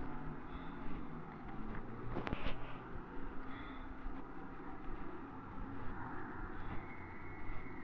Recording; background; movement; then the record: deep breathing; traffic; walking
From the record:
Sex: male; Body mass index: 23.7 kg/m2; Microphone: on the chest, facing the body